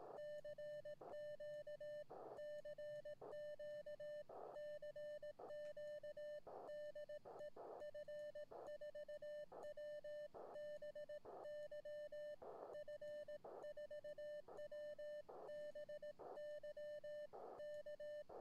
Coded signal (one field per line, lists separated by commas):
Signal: Morse code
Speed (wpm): 18 wpm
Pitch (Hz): 600 Hz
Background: none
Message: CQ CQ CQ DE F4WBY F4WBY K